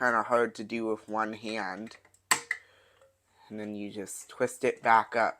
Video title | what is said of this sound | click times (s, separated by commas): Vintage Inter-World Enterprises 402 F15T8 Fluorescent Desk Lamp | then to put it back in, you just snap it back in on one side. | 2.3 s